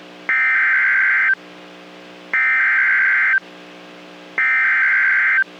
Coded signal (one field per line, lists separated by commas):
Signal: Emergency Alert System (SAME) tones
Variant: header bursts